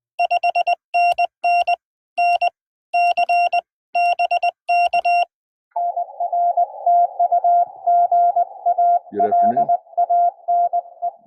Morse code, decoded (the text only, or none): 5NN NC BK NR TU GA LANE